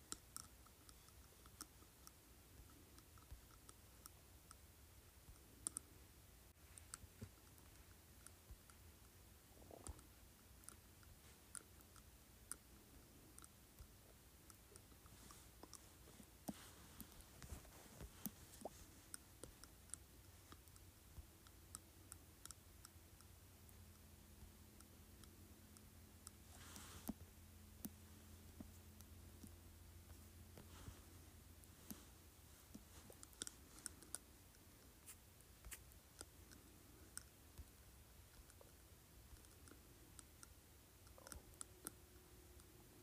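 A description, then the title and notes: A glass object is tapped against teeth in quick, irregular clicks that run the whole way through, sharp and bright, with a few louder knocks near 6, 10 and 27 seconds. A faint low hum rises and fades underneath in the middle stretch. Tapping Glass Object on Teeth.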